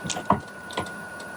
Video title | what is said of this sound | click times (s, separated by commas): Things are really coming together now - Kitchen Build Ep.8 | it locks into place so it won't move like this | 0.3 s